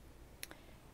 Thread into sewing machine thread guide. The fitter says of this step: is this little thread guide, so I'm going to go right under that, and you can hear it pop in.